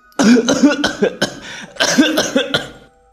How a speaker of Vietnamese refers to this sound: Bà ngạt thở ho khủ khủ.